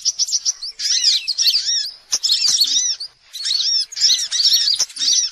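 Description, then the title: Spiderhunter song in short, quick bursts of high arched chirps with brief gaps between phrases and occasional clicks. Song used as masteran training material. "Sogok Ontong Labaik"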